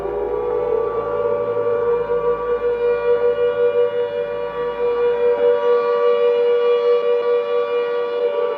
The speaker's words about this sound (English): I was in school that day, and the whistle from the prison just kept going, and we could hear it.